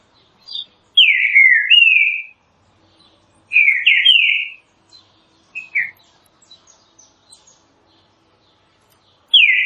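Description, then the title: Green-winged saltator singing rich, clear whistled phrases with downslurred and upslurred notes, with faint high chips between phrases. Classic song style used for training. "Canto Clássico Trinca Ferro TREINAMENTO"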